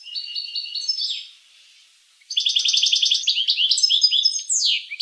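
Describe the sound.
Finch with a short high trill ending in a falling slur, about a second of quiet, then a dense run of rapid chips and downslurred notes.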